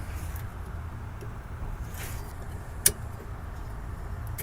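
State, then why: Seated. An oxygen sensor wiring connector is pushed back into its plastic holder on the vehicle during an oxygen sensor replacement on an L322 Range Rover or BMW E39. Over a low, steady rumble, a single sharp, loud click is heard at 2.9 seconds as the connector snaps into the holder and seats.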